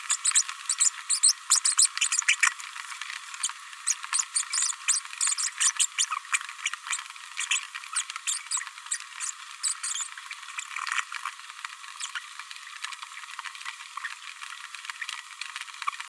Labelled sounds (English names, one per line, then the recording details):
Green-rumped Parrotlet babbling
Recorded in a nest box in Venezuela
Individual 18B104A3